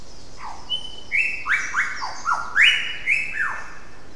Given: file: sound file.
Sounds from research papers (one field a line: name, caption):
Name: Goomburra-whistle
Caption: Example whistle songs of the female Albert's lyrebird recorded at Goomburra.